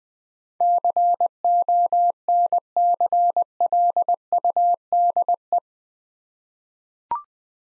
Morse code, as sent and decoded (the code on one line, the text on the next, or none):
-.-. --- -. -.-. .-.. ..- -.. .
CONCLUDE